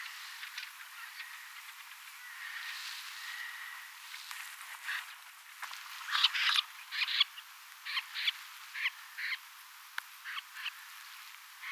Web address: paivat 5 10 2024 kurppia paljon siella on joukossa tietaakseni joitakin suippopyrstokurppalintuja kooste